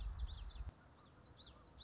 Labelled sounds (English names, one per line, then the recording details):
Common Yellowthroat
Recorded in Sonoma County, California